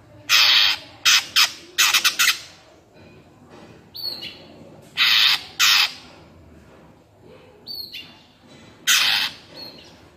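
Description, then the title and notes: Greater green leafbird sings quick strings of harsh rasping notes mixed with brief high whistles, pausing between groups. Bird singing vigorously (gacor) in ngentrok style with crest raised; recording meant as a master track for training kept greater green leafbirds. "Cucak Ijo Gacor Ngentrok Jambul Nembak. suara burung cucak ijo gacor, merdu cocok buat masteran burung cucak ijo"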